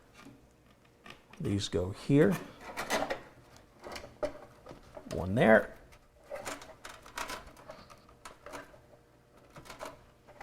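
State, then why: Not seated. A modular power supply cable connector is plugged into its socket on the back of the power supply while someone talks, with soft handling taps and rubs throughout. The cable fails to click: nothing has seated or clicked.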